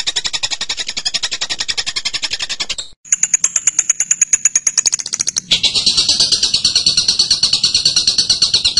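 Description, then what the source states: Bird song in changing sections: a rapid high trill, a brief break, a quick ticking series under a thin high whistle, then a dense, lower buzzy trill. Recording used to train captive birds.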